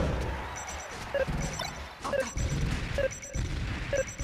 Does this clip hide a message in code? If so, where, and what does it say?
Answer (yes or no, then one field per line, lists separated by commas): no